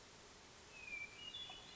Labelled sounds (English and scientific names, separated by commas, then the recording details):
Hermit Thrush (Catharus guttatus)
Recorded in Sonoma County, California